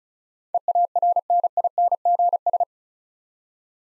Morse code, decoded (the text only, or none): EARNINGS